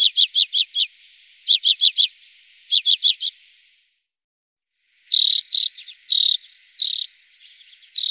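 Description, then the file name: Common redpoll giving short bursts of rapid, dry chattering chips, a brief pause, then several harsh buzzy notes mixed with softer twitters. "Grasiska"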